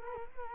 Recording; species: mosquito wingbeat signal from an infrared sensor; Culex quinquefasciatus